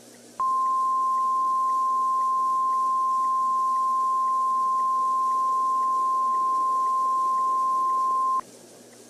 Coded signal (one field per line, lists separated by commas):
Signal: Emergency Alert System (SAME) tones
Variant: 1050 Hz attention tone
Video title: Hoenn Thunderstorm (EAS Scenario)